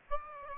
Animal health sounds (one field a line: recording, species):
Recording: mosquito wingbeat signal from an infrared sensor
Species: Aedes aegypti